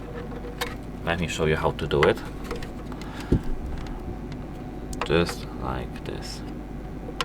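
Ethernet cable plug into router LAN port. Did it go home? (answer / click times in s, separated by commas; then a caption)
no / none. Someone talks while handling an RJ45 Ethernet cable plug at a LAN port on the back of a T-Mobile DL5M2 5G home router, to connect a laptop by Ethernet; soft handling taps and light ticks are heard, with a sharp tap at 7.2 s. The plug's plastic latch has not clicked and nothing has seated yet.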